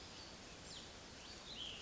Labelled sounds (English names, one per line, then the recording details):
Cassin's Vireo
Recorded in Sonoma County, California